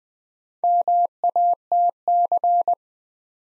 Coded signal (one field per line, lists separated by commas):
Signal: Morse code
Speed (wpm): 20 wpm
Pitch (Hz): 700 Hz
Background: none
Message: MATC